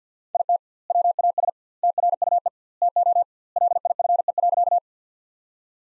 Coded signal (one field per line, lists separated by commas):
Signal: Morse code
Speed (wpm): 50 wpm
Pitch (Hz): 700 Hz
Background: none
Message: IT WAS TRUE TO LIFE.